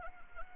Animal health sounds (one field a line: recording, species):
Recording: mosquito wingbeat signal from an infrared sensor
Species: Anopheles arabiensis